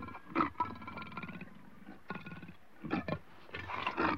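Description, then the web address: Leopard growling, soft rasping pulsed bursts with breathy pauses between them, in a low rough rumble. More than one leopard, recorded close up while growling and breathing, in Africa. "Africa- The Natural World. Leopards- close up, growling and breathing"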